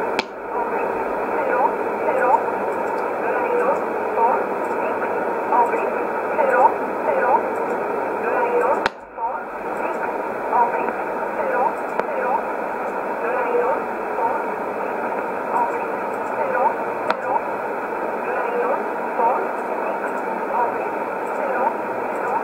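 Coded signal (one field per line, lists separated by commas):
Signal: numbers station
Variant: E11 Oblique, English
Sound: faint voice reading in a noisy, hissy shortwave SSB channel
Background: radio static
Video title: 27 05 2020 E11 Oblique Numbers station in English 0641 on 15800 unknown tx site in USB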